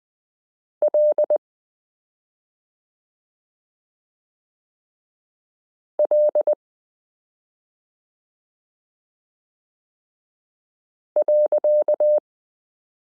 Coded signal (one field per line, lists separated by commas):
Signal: Morse code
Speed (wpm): 20 wpm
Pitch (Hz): 600 Hz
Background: none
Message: L L .